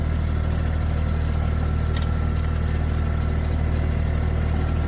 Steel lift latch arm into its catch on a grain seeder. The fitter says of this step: there comes over and it locks in place.